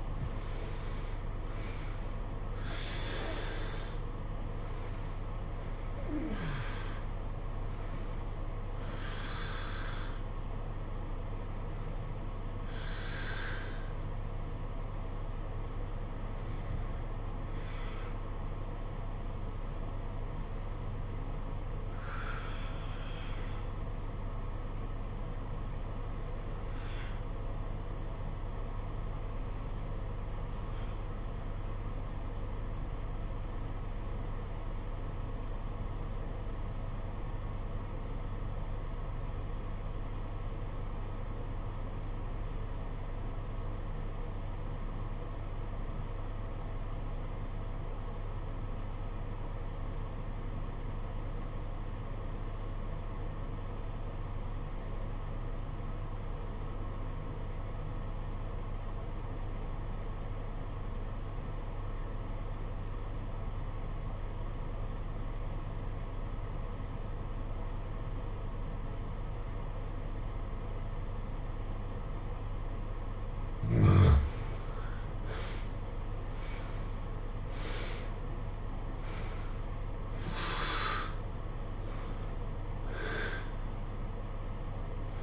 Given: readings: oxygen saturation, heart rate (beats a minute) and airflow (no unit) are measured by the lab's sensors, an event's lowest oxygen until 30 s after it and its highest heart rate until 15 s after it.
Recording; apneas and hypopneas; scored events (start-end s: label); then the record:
breathing in sleep by a smartphone at the bedside; 1
33.00-74.80 s: obstructive apnea (REM, oxygen 96% highest, then 71% lowest, heart rate 59 at the start, 81 highest)
From the record:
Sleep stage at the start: REM sleep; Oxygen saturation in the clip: 70 to 96%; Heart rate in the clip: 53 to 89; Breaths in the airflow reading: 11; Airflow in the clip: -20.1 to 14.5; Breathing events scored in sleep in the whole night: 476 in 9.7 hours asleep